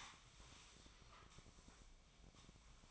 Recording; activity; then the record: daily activity, microphone in the room; sweep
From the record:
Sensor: 1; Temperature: 24.4 degrees Celsius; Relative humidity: 39.3%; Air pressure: 1003.1 hPa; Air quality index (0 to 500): 197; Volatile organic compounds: 6 ppm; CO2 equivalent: 1887 ppm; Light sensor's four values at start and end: 13/31/13/15 and 13/31/13/15